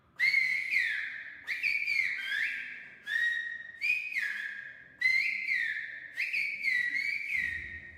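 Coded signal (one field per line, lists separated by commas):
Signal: whistled language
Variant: Silbo Gomero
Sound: loud human whistling, one pitch gliding up and down in several phrases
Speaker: the whistling is taught in schools now. So you can find lots of examples of it online. For instance, listen to this.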